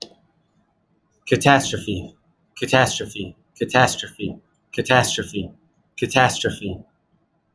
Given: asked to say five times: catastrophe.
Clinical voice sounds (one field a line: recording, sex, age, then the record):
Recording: repeated word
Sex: male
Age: 30 to 39 years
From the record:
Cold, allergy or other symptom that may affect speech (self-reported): no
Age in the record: 35 years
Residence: United States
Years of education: 16